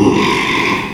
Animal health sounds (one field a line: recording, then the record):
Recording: squeal of a Yucatan mini pig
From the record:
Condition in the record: after surgery on the right vocal fold (resection and tissue-engineered implant)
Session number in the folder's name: 1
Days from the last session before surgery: 6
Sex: male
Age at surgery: 12 weeks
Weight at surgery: 13 kg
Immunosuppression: cyclosporine, prednisolone